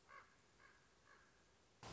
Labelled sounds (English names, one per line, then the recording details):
Common Raven
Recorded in Sonoma County, California